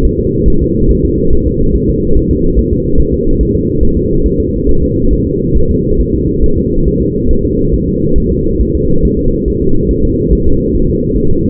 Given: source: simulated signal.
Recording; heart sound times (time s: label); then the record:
fetal heart sounds
0.05 s: S1
0.19 s: S2
0.48 s: S1
0.62 s: S2
0.91 s: S1
1.05 s: S2
1.33 s: S1
1.47 s: S2
1.75 s: S1
1.90 s: S2
2.17 s: S1
2.31 s: S2
2.59 s: S1
2.73 s: S2
3.00 s: S1
3.14 s: S2
3.41 s: S1
3.55 s: S2
3.83 s: S1
3.97 s: S2
4.26 s: S1
4.40 s: S2
4.69 s: S1
4.83 s: S2
5.13 s: S1
5.27 s: S2
5.57 s: S1
5.71 s: S2
6.00 s: S1
6.15 s: S2
6.44 s: S1
6.58 s: S2
6.88 s: S1
7.02 s: S2
7.31 s: S1
7.45 s: S2
7.74 s: S1
7.88 s: S2
8.18 s: S1
8.32 s: S2
8.61 s: S1
8.75 s: S2
9.05 s: S1
9.19 s: S2
9.48 s: S1
9.62 s: S2
9.91 s: S1
10.05 s: S2
10.33 s: S1
10.47 s: S2
10.75 s: S1
10.89 s: S2
11.17 s: S1
11.31 s: S2
From the record:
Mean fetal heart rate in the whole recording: 140 bpm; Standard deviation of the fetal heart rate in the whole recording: 2 bpm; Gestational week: 34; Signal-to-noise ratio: -17.7 dB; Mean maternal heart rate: 72 bpm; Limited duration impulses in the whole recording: present